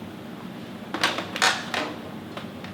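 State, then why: Seated. The plastic filter housing cover of a Windsor Sensor upright vacuum is pushed down onto the vacuum body, snapping in with two sharp clicks at 0.9 and 1.0 s. Louder knocks follow around 1.4 and 1.7 s, then fainter taps near 2.4 and 2.6 s. The cover ends up locked in place.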